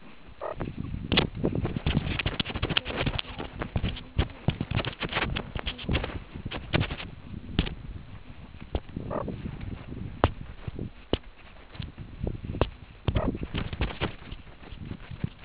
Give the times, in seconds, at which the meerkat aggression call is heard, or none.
none